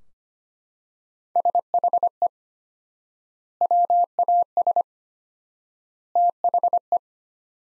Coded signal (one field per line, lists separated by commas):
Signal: Morse code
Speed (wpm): 25 wpm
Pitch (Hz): 700 Hz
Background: none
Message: SHE WAS THE